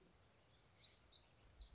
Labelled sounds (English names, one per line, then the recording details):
Black-throated Gray Warbler
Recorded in Sonoma County, California